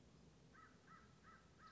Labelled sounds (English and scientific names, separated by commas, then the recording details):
American Crow (Corvus brachyrhynchos)
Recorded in Sonoma County, California